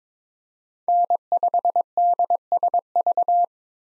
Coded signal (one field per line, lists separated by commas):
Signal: Morse code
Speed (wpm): 21 wpm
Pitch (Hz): 700 Hz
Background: none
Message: N5DSV